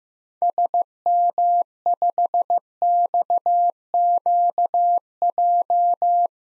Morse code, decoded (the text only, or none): SM5XQJ